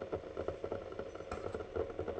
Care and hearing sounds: daily activity, microphone in the room; make coffee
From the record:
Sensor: 4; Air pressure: 1010.1 hPa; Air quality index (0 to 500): 181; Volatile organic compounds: 5 ppm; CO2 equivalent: 1834 ppm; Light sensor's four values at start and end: 29/86/34/33 and 26/79/31/31

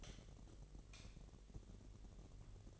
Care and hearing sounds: daily activity, microphone in the room; light off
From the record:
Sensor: 4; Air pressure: 1012.7 hPa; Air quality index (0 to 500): 248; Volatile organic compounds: 4 ppm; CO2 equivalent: 1686 ppm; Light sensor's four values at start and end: 17/44/17/19 and 15/34/14/14

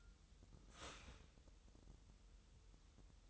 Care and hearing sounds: daily activity, microphone in the room; start toaster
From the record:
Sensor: 3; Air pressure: 988.6 hPa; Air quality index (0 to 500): 196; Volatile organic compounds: 311 ppm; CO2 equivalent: 4505 ppm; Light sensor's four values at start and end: 23/72/30/26 and 23/72/30/26

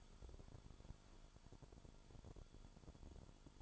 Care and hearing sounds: daily activity, microphone in the room; take from stove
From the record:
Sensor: 5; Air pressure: 1008.1 hPa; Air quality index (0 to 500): 116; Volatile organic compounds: 1 ppm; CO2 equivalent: 894 ppm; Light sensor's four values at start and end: 28/61/26/26 and 28/61/26/26

